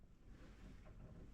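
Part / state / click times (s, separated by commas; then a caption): valve stem seal onto engine valve guide / not seated / none. A new rubber and metal valve stem seal is being pressed down over the valve stem toward the valve guide of the cylinder head on a 1999 Mazda Miata, with the head left on the car. Only a steady, low, wind-like rumble is heard, with no distinct impact or click. The clip ends before the seal goes home, so nothing has seated or clicked yet.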